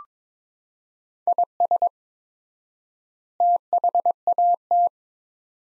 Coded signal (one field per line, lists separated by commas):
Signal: Morse code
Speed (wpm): 22 wpm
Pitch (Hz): 700 Hz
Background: none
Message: IS THAT